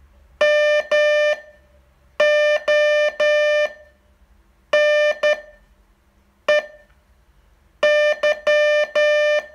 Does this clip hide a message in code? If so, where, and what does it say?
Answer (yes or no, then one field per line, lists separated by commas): yes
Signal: Morse code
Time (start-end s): 0.4-9.4 s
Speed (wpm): 12 wpm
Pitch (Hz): 600 Hz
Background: music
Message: MONEY